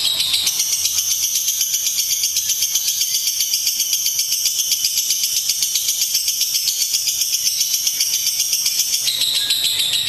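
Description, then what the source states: Lovebird chattering call: rapid, even, high pulsing held for the whole stretch. Lutino lovebird; ngekek chattering call, used for training.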